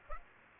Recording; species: mosquito wingbeat signal from an infrared sensor; Aedes aegypti